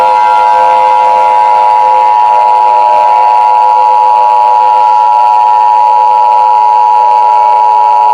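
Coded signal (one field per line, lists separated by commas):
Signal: Emergency Alert System (SAME) tones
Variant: 853 and 960 Hz attention tone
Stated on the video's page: Fictional EAS scenario, a remastered reupload of a fan-made fog alert with an added EAN alert and lockdown instructions.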